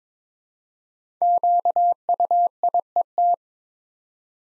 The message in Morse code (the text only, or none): QUIET